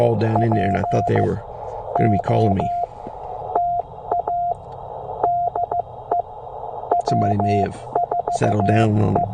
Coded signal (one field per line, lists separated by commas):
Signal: Morse code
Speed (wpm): 15 wpm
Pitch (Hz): 700 Hz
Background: speech, radio noise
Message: POTA DE W4E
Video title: Even in the worst conditions, 5 watts and CW can pull at least 10 for a POTA activation.